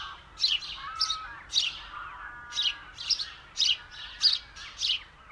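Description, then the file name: House sparrow giving sharp, slightly harsh chirps at an uneven pace, about two per second, with a thin lower whistle briefly audible in between. "Passer domesticus"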